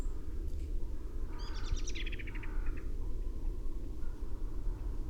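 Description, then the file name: Carrion crow call: a short series of harsh, harmonic notes that step slightly downward, heard over a loud, steady low rumble. "Corvus corone"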